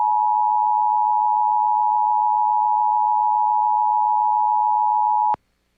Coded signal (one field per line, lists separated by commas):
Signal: Emergency Alert System (SAME) tones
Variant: 853 and 960 Hz attention tone